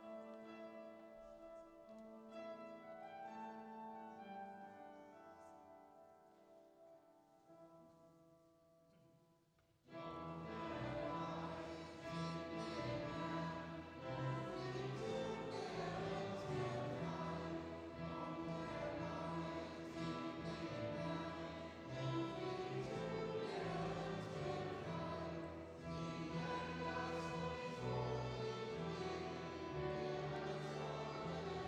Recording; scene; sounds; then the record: everyday scene through a hearing-aid microphone; reverberant space; music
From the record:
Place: church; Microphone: in the ear canal, left